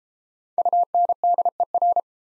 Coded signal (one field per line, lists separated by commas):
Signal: Morse code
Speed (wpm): 32 wpm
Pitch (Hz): 700 Hz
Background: none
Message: UNDER